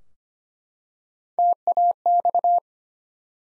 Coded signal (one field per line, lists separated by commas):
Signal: Morse code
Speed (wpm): 25 wpm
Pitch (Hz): 700 Hz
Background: none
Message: TAX